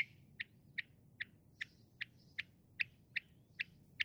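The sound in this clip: Northern mockingbird song: short, sharp chip notes repeated about every half second for the whole passage, with a soft low background hum.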